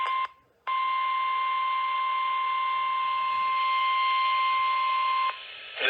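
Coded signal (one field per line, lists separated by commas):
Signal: Emergency Alert System (SAME) tones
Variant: 1050 Hz attention tone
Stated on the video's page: Severe Thunderstorm Warning alerts DXed on stations in and near Alabama, plus a couple of closer stations.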